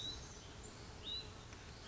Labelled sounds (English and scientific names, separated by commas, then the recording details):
Hutton's Vireo (Vireo huttoni)
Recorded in Sonoma County, California